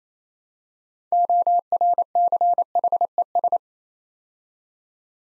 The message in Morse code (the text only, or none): ORCHES